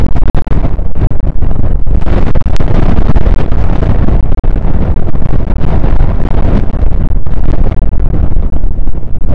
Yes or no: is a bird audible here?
no